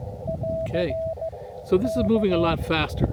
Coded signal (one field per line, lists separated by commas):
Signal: Morse code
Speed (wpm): 15 wpm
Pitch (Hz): 650 Hz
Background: speech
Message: <AR> K